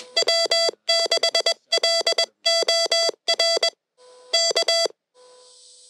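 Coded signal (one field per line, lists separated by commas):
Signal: Morse code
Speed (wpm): 22 wpm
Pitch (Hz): 670 Hz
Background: none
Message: W6LOR K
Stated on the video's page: SOTA summit activation on 10m using a newly-built Rockmite transceiver at 100 mW, with a paddle.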